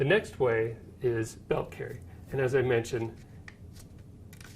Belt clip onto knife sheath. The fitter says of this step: this snaps into place and goes onto your belt with a clip right here